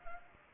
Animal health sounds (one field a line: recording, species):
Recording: mosquito wingbeat signal from an infrared sensor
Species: Culex pipiens